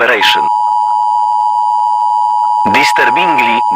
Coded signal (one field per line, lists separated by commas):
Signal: Emergency Alert System (SAME) tones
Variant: 853 and 960 Hz attention tone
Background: speech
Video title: EAS SCENARIO-THE INFECTED